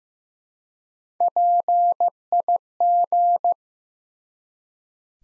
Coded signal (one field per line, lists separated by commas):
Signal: Morse code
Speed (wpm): 15 wpm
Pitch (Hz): 700 Hz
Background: none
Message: PIG